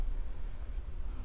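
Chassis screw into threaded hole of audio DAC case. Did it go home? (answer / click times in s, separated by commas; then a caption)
no / none. A machine screw is turned backwards in a threaded hole in the metal chassis of a Schiit Bifrost audio DAC case, to line up the thread start during an upgrade teardown. Only a steady, low hiss and rumble is heard, with no distinct transients. Nothing has seated or clicked yet.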